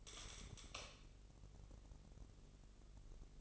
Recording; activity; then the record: daily activity, microphone in the room; light on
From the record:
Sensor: 4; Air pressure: 996.2 hPa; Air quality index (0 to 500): 69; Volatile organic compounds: 2 ppm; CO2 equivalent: 1260 ppm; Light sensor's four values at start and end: 15/33/13/13 and 18/45/18/18